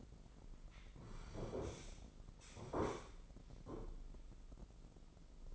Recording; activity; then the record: daily activity, microphone in the room; sit down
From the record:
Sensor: 5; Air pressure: 996.1 hPa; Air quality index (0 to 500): 244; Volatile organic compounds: 459 ppm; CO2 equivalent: 4763 ppm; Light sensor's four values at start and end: 157/375/158/173 and 157/375/158/173